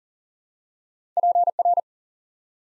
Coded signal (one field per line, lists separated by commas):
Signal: Morse code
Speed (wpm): 40 wpm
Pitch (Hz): 700 Hz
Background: none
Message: PR